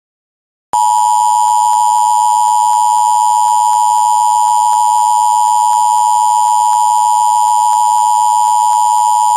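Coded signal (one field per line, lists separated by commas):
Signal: Emergency Alert System (SAME) tones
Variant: 853 and 960 Hz attention tone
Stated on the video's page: Dramatization of a severe thunderstorm warning as heard on an FM station.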